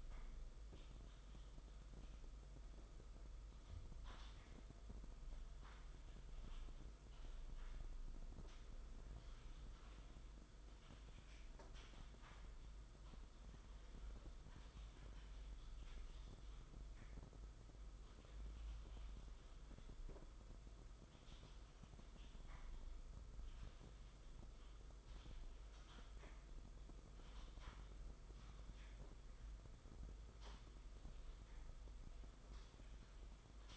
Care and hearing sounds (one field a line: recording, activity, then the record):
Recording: daily activity, microphone in the room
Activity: typing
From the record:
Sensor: 5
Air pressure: 991.1 hPa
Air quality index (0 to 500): 131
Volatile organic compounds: 70 ppm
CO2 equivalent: 3520 ppm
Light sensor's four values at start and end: 38/120/46/49 and 38/121/46/49